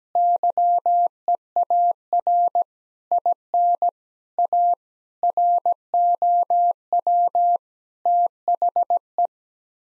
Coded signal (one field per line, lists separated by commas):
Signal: Morse code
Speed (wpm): 17 wpm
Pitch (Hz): 700 Hz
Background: none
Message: YEAR IN A ROW THE